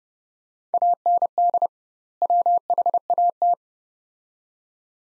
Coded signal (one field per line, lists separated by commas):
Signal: Morse code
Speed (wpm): 30 wpm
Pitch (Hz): 700 Hz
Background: none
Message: AND WHAT